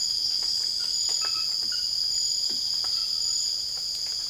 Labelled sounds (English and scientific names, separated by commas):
none